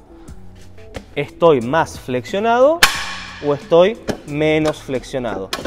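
The adjustment latch of a gym leg press seat is handled as the seat is moved to change the hip flexion, while someone talks over faint background music. Nothing has clicked or seated yet.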